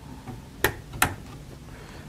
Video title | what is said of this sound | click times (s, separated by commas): How to Build a Gaming PC | I said, press firmly. You'll hear a couple clicks or a single click. That means that your RAM has seated properly. | 0.6 s, 1.0 s